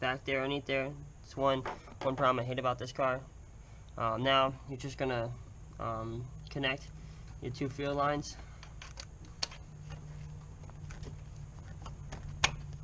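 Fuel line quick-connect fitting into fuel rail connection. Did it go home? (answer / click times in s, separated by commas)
yes / 9.4 s, 12.4 s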